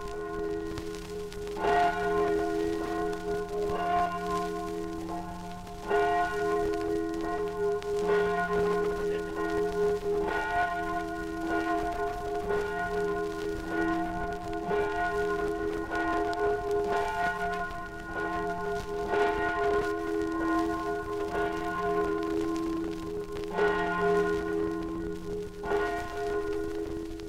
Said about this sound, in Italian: malinconie insanabili che il suono della campana di San Giorgio di Resia, la più antica chiesa della valle, riaccende ogni sera nel raccoglimento dell'ave.